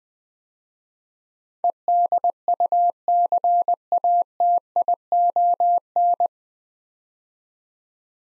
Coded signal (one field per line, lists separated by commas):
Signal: Morse code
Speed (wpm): 20 wpm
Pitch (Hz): 700 Hz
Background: none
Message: EDUCATION